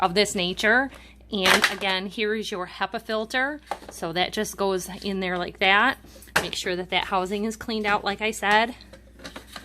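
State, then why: Not seated. Someone talks while a HEPA filter is placed into its housing on a Bissell Clearview bagless vacuum cleaner, and the plastic filter cover is handled. A few short, light handling knocks are heard near the end, around 9.2 to 9.6 seconds. The cover has not yet seated or clicked into place when the clip ends.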